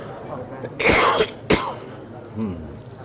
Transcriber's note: coughs